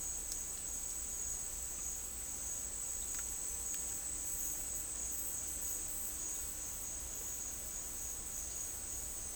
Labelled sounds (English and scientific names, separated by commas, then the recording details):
none
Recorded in secondary vegetation near Puerto Asís, Putumayo, Colombia, on 20 December 2024 at 12:00
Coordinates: 0.484, -76.319
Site GP06